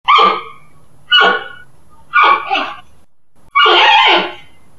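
Panda calls: four harsh, nasal, bleating bursts, the last the longest, spaced roughly a second apart.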